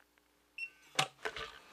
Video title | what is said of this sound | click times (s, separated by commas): Onnais Defender Pro Gun Lock | and no problem releasing it. | 1.0 s